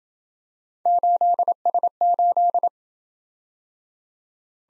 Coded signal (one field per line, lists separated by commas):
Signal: Morse code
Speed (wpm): 27 wpm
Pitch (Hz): 700 Hz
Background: none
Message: 8S8